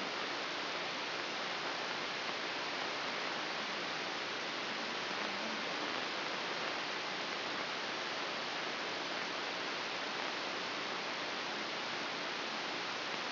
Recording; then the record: brain microelectrode recording played as sound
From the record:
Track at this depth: inside the subthalamic nucleus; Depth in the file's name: 3.426 mm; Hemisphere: left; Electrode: 3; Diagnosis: Parkinson's disease